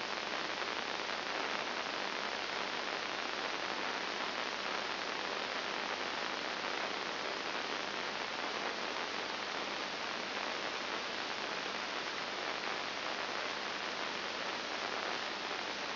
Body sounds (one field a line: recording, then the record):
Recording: brain microelectrode recording played as sound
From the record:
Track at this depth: inside the subthalamic nucleus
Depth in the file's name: 4.502 mm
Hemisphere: left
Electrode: 2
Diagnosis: Parkinson's disease